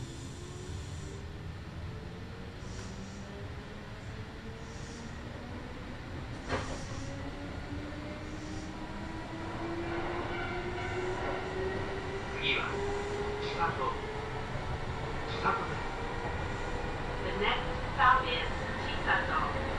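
A Kintetsu Nagoya Line local train running between stations, with a steady low rumble underneath. A motor whine climbs slowly in pitch as the train picks up speed. Short clacks recur every few seconds, and high squeals and tones appear toward the end.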